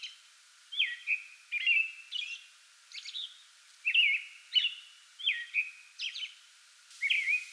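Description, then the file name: American robin singing a run of warbled, whistled phrases, each short and slurred, delivered in a steady rhythm with brief thin high notes between them. Singing before dawn from a small tree in a front yard, 8 May 2022. "2022-05-08 American Robin pre-dawn singing from small tree in front yard"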